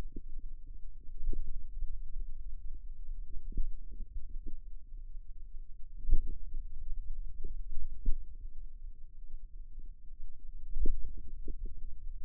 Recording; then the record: forearm muscle sounds (acoustic myography)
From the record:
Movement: pen grasping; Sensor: system 2, bracelet of six BSWA MPA416 microphones around the upper forearm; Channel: 2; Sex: female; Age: 22 years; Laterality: right